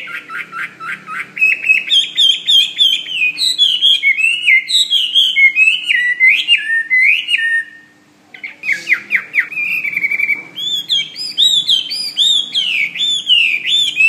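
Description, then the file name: Hwamei song: rich, rapid whistled phrases with repeated down-slurred notes, a brief pause near the middle, then a renewed burst of looping whistles. "omkicau hwamey"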